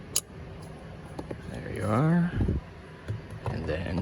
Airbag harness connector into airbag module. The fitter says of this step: so, push it until you hear a click.